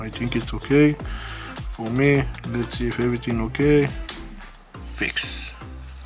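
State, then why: Not seated. A plastic part of a Tamiya Honda NSX scale model car chassis is being handled and pushed down from inside while someone talks over background music, with a brief sharp sound at 4.8 s. Nothing has seated or clicked into place yet.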